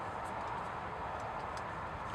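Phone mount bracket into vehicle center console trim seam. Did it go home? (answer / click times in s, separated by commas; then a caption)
no / none. A plastic ProClip USA console mount (part 834710) for a 2010–2015 Lexus RX350 and RX450 is pressed down and in toward the dash trim seam, which is held open with gap openers, so its lower angled edge can go into the seam. A steady, even hiss of background noise runs throughout with only faint, soft high-pitched ticks and no distinct click. Nothing has seated or clicked yet.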